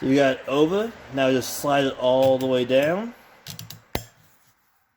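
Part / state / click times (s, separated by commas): CV axle component on the truck's front inner shaft / seated / 3.9 s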